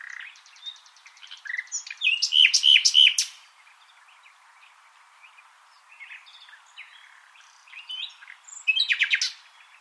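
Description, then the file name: Common nightingale song: a loud, fast phrase of strident repeated notes, a quieter stretch of soft notes, then another brief loud burst. "Luscinia megarhynchos"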